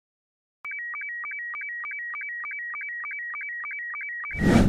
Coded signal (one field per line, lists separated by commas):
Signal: SSTV (slow-scan television)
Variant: Robot 72